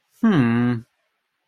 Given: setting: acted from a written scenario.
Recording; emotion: vocal sound without words; contempt